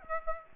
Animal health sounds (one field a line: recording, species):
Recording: mosquito wingbeat signal from an infrared sensor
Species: Aedes aegypti